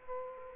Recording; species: mosquito wingbeat signal from an infrared sensor; Culex quinquefasciatus